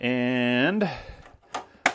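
Someone talks briefly before the plastic front cover of a Dayette air purifier is pressed onto the housing over the filter. Two sharp clicks are heard at about 1.6 s and 1.9 s, the second the loudest, as the cover snaps in place and is seated.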